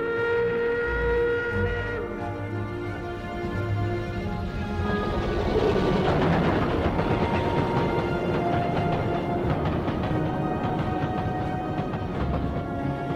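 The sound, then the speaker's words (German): A steady rumble of a train travelling to Munich runs throughout, layered with sustained humming tones, and a rougher, louder rattling surge swells through the middle before settling back into the continuous drone. “An ihrem 21. Geburtstag fährt Sophie mit dem Zug nach München.”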